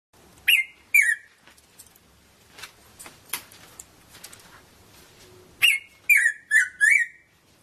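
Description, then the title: Red-throated parrotfinch calling: a pair of bright, slurred notes, then after a pause a quick run of four slurred chirps, with faint clicks and rustles between. "Erythrura Psittacea"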